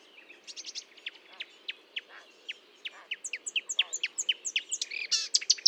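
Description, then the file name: Marsh warbler song with spaced ticking notes speeding into a rapid chatter of high chips and buzzy trills. Recorded at Fontaine-Française (Fourneau), France, on 1 June 2022 at 10:55, using a Nagra recorder with a Telinga microphone. "Rousserolle verderolle 20220601 1055 Fontaine-Francaise-Fourneau-Nagra-Telinga"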